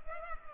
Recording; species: mosquito wingbeat signal from an infrared sensor; Culex pipiens